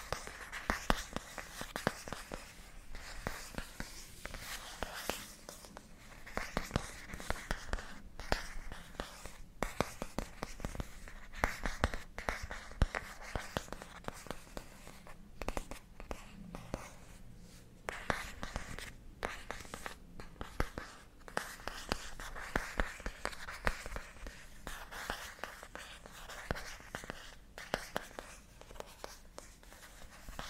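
Scratchy tapping and tracing on matte plastic, a dense run of sharp little clicks and taps scattered unevenly across the full half minute. Between the taps runs a soft, raspy brushing sound that swells and fades, bright and dry, with no steady rhythm.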